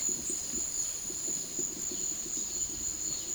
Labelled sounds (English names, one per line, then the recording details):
none
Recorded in secondary vegetation near Puerto Asís, Putumayo, Colombia, on 9 March 2025 at 15:30
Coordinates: 0.489, -76.322
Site G042